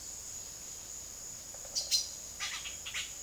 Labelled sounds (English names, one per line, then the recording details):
Silver-beaked Tanager
Yellow-rumped Cacique
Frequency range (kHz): Silver-beaked Tanager 2.0-11.4 kHz; Yellow-rumped Cacique 0.5-7.9 kHz
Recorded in secondary vegetation near Puerto Asís, Putumayo, Colombia, on 24 June 2025 at 16:00
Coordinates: 0.489, -76.322
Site G021